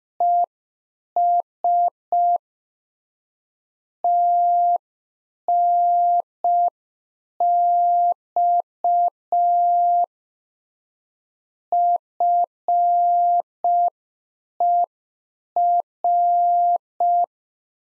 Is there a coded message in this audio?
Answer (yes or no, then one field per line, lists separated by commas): yes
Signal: Morse code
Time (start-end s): 0.2-17.2 s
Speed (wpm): 5 wpm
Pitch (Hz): 700 Hz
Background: none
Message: ES TNX FER